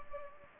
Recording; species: mosquito wingbeat signal from an infrared sensor; Anopheles gambiae